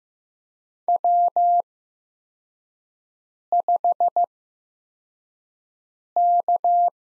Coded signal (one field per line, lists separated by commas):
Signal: Morse code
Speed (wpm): 15 wpm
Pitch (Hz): 700 Hz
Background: none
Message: W5K